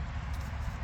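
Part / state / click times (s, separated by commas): wiring harness connector into the car radio / not seated / none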